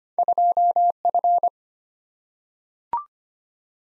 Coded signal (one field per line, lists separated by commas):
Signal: Morse code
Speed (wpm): 25 wpm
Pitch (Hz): 700 Hz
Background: none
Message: 2F